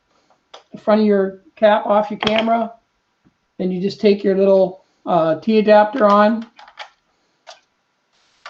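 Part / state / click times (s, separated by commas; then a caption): T-adapter ring into camera lens mount / not seated / none. Someone talks while handling a metal T-adapter ring marked for a Canon camera, bringing it up to the camera's lens bayonet mount with the body cap off. A few small contact ticks follow the speech near 6.8, 7.5 and 8.5 seconds. The adapter has not seated or clicked into place yet.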